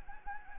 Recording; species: mosquito wingbeat signal from an infrared sensor; Anopheles gambiae